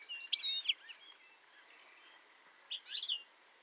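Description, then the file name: European goldfinch gives a sharp, bright twittering burst, a pause with faint chirps, then a second shorter tinkling call. "Carduelis carduelis"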